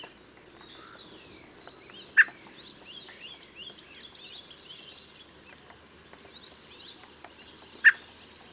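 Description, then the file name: Common blackbird producing two abrupt, loud call notes several seconds apart over a steady backdrop of soft, twittering birdsong. "Turdus merula"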